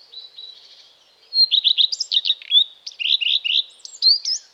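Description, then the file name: Common redstart song: soft twitters, then a thin high note followed by quick repeated phrases and scratchy chirps, several bursts in under five seconds. "Common Redstart (Phoenicurus phoenicurus)"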